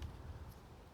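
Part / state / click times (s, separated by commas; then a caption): barrel clamping lever on rifle receiver / not seated / none. The barrel clamping lever on a Bushmaster ACR rifle receiver is tightened again, giving a brief dull transient at 0.02 s over low rumbling handling noise. The lever does not click, and nothing has seated or clicked yet.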